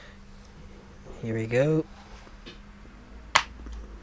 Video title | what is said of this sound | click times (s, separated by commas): Unboxing the iPad Mini & Basic Accessories & Quick Comparison to the New iPad 2012 | Boom. It snaps on. You can hear it very loud. | 3.4 s